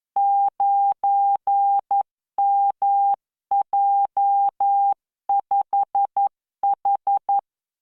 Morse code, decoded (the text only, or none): 9MJ5H